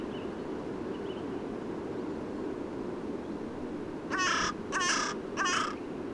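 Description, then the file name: Carrion crow calling: three harsh, hoarse caws in quick succession near the end, after several seconds of steady low background rumble. "Corvus corone"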